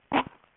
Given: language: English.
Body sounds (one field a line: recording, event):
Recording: throat vibration sensor signal played as sound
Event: cough